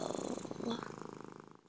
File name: cat